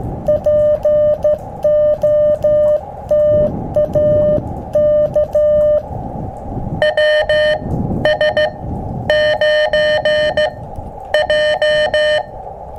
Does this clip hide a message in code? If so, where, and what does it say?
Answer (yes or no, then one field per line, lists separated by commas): yes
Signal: Morse code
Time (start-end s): 0.3-12.2 s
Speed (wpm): 12 wpm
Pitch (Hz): 600 Hz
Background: none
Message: POTA K WS9J